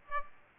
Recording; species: mosquito wingbeat signal from an infrared sensor; Aedes aegypti